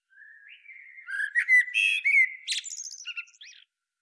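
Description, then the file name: Eurasian blackbird with one long phrase: a soft rising whistle swelling into loud mellow warbling, then a squeaky high twitter at the close. "Turdus merula"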